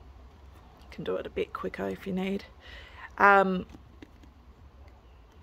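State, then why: Seated. A plastic breast shield and seal are pressed quickly onto the collection cup of a Momcozy M5 wearable pump. Someone talks, then a sharp click at 4.0 s marks the shield snapping securely into place, followed by a few faint ticks.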